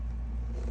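A cable connector on the cable of a Godox UL150 II video light is pushed toward its mating connector on the other side, as it would be until it clicks. Only a steady low rumble with broadband noise is heard, and no sharp transient occurs. Nothing has seated or clicked yet.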